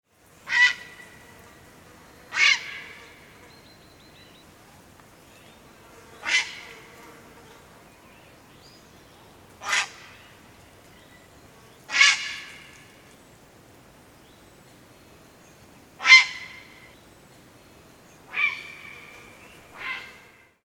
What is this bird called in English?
Grey Heron